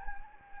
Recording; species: mosquito wingbeat signal from an infrared sensor; Anopheles gambiae